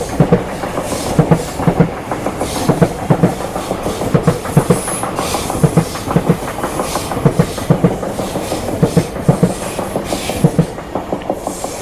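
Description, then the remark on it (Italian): A train rolls past on the tracks, wheels beating a steady clickety-clack rhythm over a continuous rumbling roar and a faint hiss, loud throughout with no voices. “We will wait a train passes by.”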